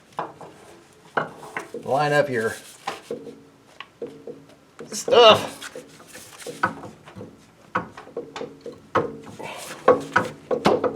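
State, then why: Not seated. A CV axle shaft with a retaining circlip is handled and lined up at the transmission/differential of a 2007 Honda Accord, with scattered sharp metallic knocks, scrapes and rubbing while someone talks. Nothing has seated or clicked yet; the clip ends before the circlip snaps home.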